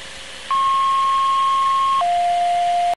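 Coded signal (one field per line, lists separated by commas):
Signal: two-tone page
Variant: Plectron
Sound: a steady high beep for about 1.5 seconds, then a lower steady tone continuing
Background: faint background hiss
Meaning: Sequential two-tone alert that opens a specific receiver for a dispatch message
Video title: Plectrum Tones Sound Effect Plectron Tones Sound Effect 2020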